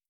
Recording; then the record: hydrophone in a shrimp aquaculture tank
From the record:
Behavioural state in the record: starved